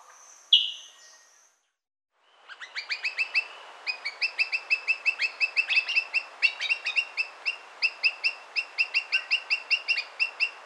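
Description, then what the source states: Graceful honeyeater: one loud, sharp note opens, then a short pause, then a long run of rapid, bright chirps repeated steadily. Recorded in Papua New Guinea.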